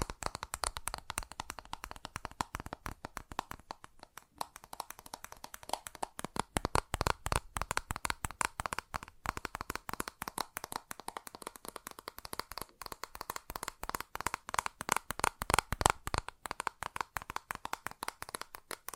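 Fast tapping runs for the whole stretch, a dense flurry of quick, crisp clicks and taps with a papery, card-like texture. The rhythm is busy and uneven rather than strictly regular, briefly thinning around four seconds and again near twelve seconds.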